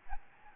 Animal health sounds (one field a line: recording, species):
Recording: mosquito wingbeat signal from an infrared sensor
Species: Aedes albopictus